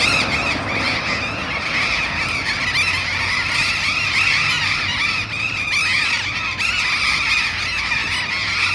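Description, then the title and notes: Burrowing parrots in a flock give a continuous din of harsh, grating squawks and screeches, with low traffic rumble underneath. Group of burrowing parrots perched on overhead urban power lines at a street corner in a neighbourhood of Bahía Blanca, Argentina; August. "Loros barranqueros (Cyanoliseus patagonus) en tendido eléctrico aéreo urbano. Humboldt esq. H. Yrigoyen. B° La Falda. Por Sonoteca Bahía Blanca"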